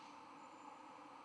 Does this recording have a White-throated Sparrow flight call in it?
no